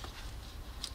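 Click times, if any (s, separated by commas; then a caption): none. A plastic wiring harness electrical connector is being handled and pushed toward the ignition coil of a 2007 Toyota Sequoia during spark plug replacement. Low, steady handling noise is heard with a brief, soft high-frequency tick near 0.8 s. Nothing has seated or clicked yet.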